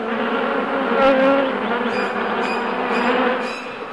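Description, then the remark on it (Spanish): A loud, steady buzz of the story's bee character, tía abeja, drones on for several seconds, its pitch wavering slightly as it swells and eases, waking the scorpion don Alacrán from his Sunday afternoon nap; no voices present. “De pronto, un fuerte zumbido lo despertó. Muy asustado, reconoció a la tía abeja, que estaba frente a él.”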